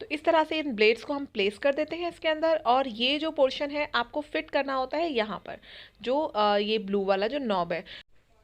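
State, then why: Not seated. A woman talks while handling the plastic lid of a manual pull-string chopper, fitting it toward the bowl with the blue knob to engage the blade assembly. Nothing has seated or clicked yet, and the lid has not locked onto the bowl.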